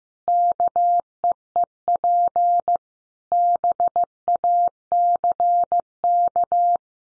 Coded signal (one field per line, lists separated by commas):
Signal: Morse code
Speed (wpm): 15 wpm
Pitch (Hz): 700 Hz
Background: none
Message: KEEP BACK